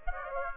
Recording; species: mosquito wingbeat signal from an infrared sensor; Aedes aegypti